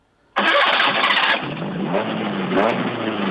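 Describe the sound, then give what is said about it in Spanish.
A car engine, in a car stopped at a toll booth, bursts to life after a brief silence, roaring loudly at first, then settling into a steady, throaty idle with a slight surge near the end. No voices. “¿Se puede arrancar el motor, por favor? Se puede arrancar, sí.”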